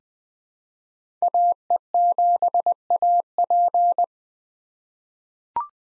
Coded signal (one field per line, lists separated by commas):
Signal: Morse code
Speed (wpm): 20 wpm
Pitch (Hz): 700 Hz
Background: none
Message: AE7AP